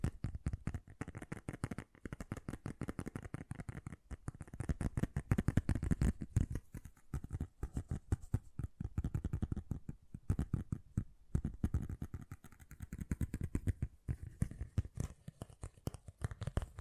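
Fast, gentle tapping runs continuously in dense, rapid bursts of short clicks, with brief gaps near 2, 10 and 14 seconds. The taps are soft with a dull low thud under a crisp top, rising and falling slightly in loudness.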